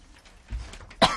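A single short, sharp cough bursts out near the end of a quiet stretch with faint background noise and a low thump. It is a brief, dry-sounding cough.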